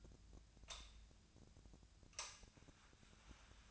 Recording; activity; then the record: daily activity, microphone in the room; light on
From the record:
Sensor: 2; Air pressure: 1009.7 hPa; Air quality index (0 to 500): 182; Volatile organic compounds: 11 ppm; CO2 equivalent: 2268 ppm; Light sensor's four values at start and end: 28/67/29/32 and 33/85/36/38